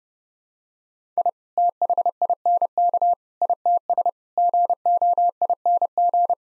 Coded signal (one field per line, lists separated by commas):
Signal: Morse code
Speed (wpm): 32 wpm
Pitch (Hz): 700 Hz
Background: none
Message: I THINK ITS GOING